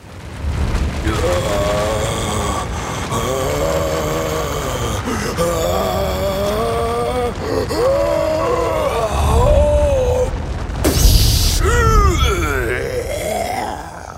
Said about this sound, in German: Ein gewaltiger Nieser explodiert und schießt die Freunde in hohem Bogen aus der Erde.